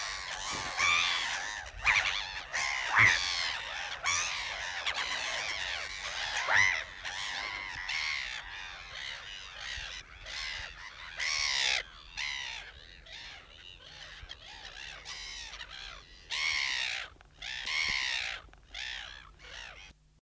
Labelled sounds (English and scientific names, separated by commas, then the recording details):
Hartlaub's Gull (Chroicocephalus hartlaubii) call
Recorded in captivity
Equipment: Halbspur, 9,5 cm/s
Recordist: Lütgens, Hans
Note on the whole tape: Rufe